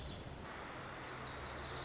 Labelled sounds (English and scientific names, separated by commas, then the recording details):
Lazuli Bunting (Passerina amoena)
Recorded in Sonoma County, California